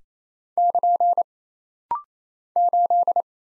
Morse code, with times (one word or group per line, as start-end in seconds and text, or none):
0.6-1.2 <KN>
2.6-3.2 8